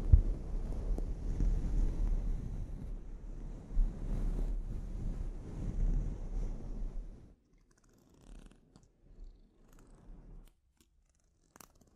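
A scalp treatment with a dense, low, purring rub that runs steadily for about seven seconds, with a brief louder scrape near the start and another around four seconds. It then stops abruptly, leaving near quiet broken by a few soft touches and a faint click at the end.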